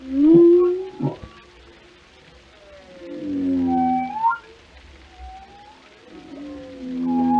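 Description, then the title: Whale calls, low harmonic moans alternating with rising whoops and thin upswept tones, separated by quiet gaps. "Journey to the Depths: Discovering the World of Whales"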